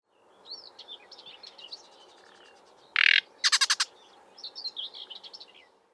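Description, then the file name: Common nightingale song: soft, varied whistled and twittering phrases, then a sudden harsh burst and a fast run of loud rattling notes, before more quiet twittering. "Luscinia megarhynchos"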